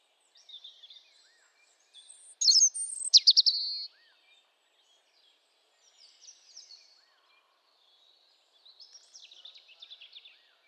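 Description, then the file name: European robin singing high, thin warbled phrases, a loud rapid trilled burst in the middle, softer twittering phrases before and after with short pauses. "Erithacus rubecula"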